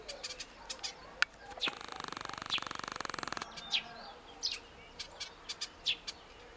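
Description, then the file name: Eurasian blackcap hard tacking calls, short clicking notes at irregular intervals, interrupted midway by a loud rapid buzzing rattle lasting nearly two seconds. "Sylvia atricapilla"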